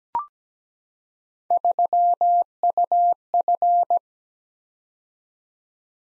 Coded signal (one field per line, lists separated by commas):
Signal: Morse code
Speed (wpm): 17 wpm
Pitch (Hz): 700 Hz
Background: none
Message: 3UF